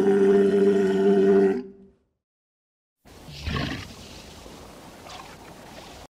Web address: sound Walrus